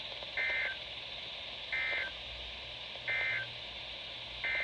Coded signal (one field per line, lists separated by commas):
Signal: Emergency Alert System (SAME) tones